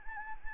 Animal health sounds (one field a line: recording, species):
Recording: mosquito wingbeat signal from an infrared sensor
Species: Anopheles arabiensis